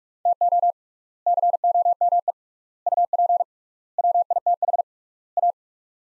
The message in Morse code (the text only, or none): TO COME UP WITH A